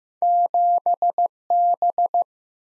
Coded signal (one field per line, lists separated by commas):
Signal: Morse code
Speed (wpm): 15 wpm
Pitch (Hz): 700 Hz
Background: none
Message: 7B